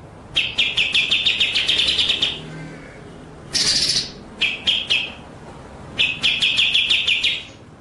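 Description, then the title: White-rumped shama singing fast rolling strings of bright notes, broken by a harsh rasping burst and a few spaced notes before another rapid run. Masteran (training) song in the full ngerol nembak style. "Masteran Murai Batu Full Ngerol Nembak"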